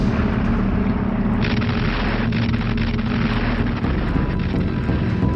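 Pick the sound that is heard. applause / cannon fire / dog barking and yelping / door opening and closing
cannon fire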